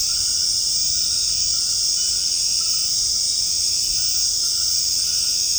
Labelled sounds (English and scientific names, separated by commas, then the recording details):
none
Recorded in secondary vegetation near Puerto Asís, Putumayo, Colombia, on 19 March 2025 at 20:00
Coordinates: 0.502, -76.326
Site G100